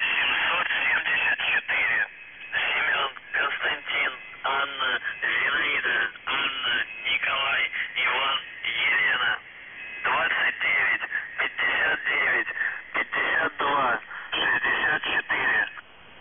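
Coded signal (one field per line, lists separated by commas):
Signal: numbers station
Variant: UVB-76, Russian voice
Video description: Callsign: NZhTI (НЖТИ) Message text: 98 774 SKAZANIYe (СКАЗАНИЕ) 29 59 52 64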